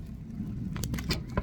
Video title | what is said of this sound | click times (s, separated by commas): 28 November 2023 | narinig niyo yung click narinig | 0.8 s